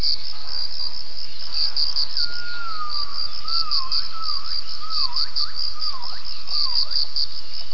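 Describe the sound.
Gibbon calls: a drawn-out whistled note followed by a series of dipping, rising hoots, over a loud, steady pulsing chorus of insects.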